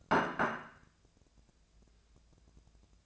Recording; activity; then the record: daily activity, microphone in the room; place plate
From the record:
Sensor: 2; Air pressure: 1000.0 hPa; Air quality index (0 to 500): 132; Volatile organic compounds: 2 ppm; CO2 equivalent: 1125 ppm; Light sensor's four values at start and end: 24/60/26/28 and 24/60/26/28